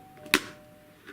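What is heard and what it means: The flip-up chin bar of a Schuberth C3 Pro modular motorcycle helmet is pressed down while the helmet is off the head, and it latches shut with a sharp, obvious click at 0.3 s over a faint steady hum. A much softer sound follows around 1.1 s. The chin bar is seated and closed, though this click is much less obvious when the helmet is worn.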